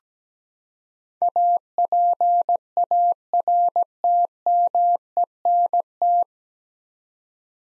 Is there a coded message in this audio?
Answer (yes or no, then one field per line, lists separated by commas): yes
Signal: Morse code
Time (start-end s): 1.2-6.2 s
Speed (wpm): 17 wpm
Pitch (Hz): 700 Hz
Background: none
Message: APARTMENT